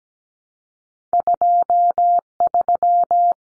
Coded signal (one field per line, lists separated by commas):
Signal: Morse code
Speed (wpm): 17 wpm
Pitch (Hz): 700 Hz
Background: none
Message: 23